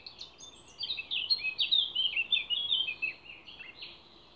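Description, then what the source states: Songbird song: a continuous rapid warble of high chirping and slurred notes across most, fading at the end, over steady background hiss. Songbird songs recorded 29 April 2020 in scrubland at Ježdovec, by the lake at Rakitje, and in Stupnik forest.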